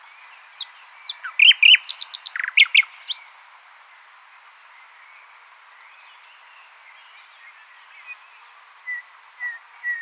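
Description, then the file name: Common nightingale song: a burst of loud repeated notes and sharp whistles, then quieter scattered notes and a few short whistles near the end. "Luscinia megarhynchos"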